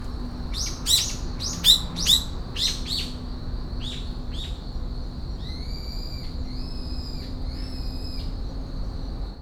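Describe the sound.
Bird calls: a quick series of sharp high chirps, then several drawn-out thin whistles around the same pitch, over a steady low hum.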